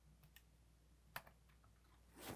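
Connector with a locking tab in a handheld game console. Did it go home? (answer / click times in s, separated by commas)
partly / 0.4 s, 1.2 s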